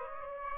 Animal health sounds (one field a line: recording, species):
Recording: mosquito wingbeat signal from an infrared sensor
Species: Aedes aegypti